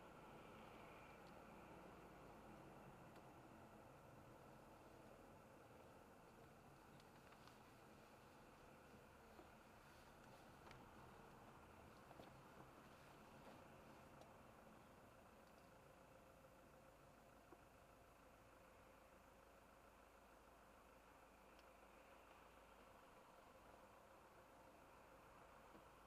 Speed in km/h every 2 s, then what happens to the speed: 38, 31, 27, 27, 26, 27, 26, 18, 12, 8, 8, 12, 14.
0-4 slows to 27. 4-12 steady at about 27. 12-18 slows to 8. 18-26 speeds up to 14.